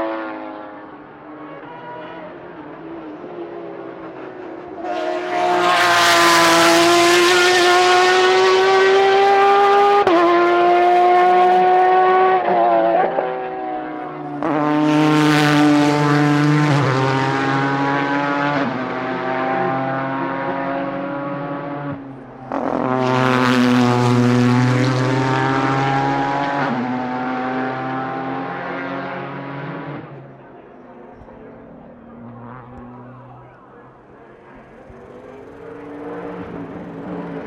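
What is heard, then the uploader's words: GT race cars pass one after another during qualifying at Laguna Seca, three loud swells around 6, 15 and 24 seconds, each a roaring engine note that climbs and falls as it goes by. Between passes the sound drops to a quieter, lingering engine drone. The Sounds of IMSA GTLM at Laguna Seca. It's a short ambient sound feature with IMSA's incredible GT Le Mans class during qualifying at WeatherTech Raceway Laguna Seca and the amazing sounds produced by BMW M8s, Corvette C7.Rs, Ford GTs, a Ferrari 488 GTE, and Porsche 911 RSRs.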